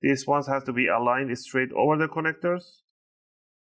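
Small coaxial antenna connectors are lined up straight over their sockets on the wireless card of a Lenovo Ideapad 330 15AST Model 81D6 laptop, ready to be pressed down. Someone talks until about 2.8 seconds, followed by silence. Nothing has seated or clicked yet.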